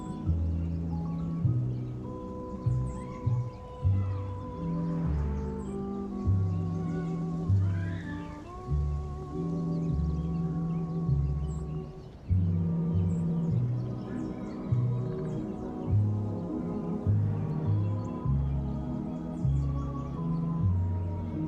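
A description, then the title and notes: Summer oldies music plays steadily from another room, with a thumping low bass line, sustained melodic notes and a muffled, continuous beat throughout. Summer oldies playing in another room.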